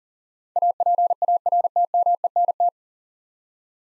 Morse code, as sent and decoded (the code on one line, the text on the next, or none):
.- .--. .- .-. - -- . -. -
APARTMENT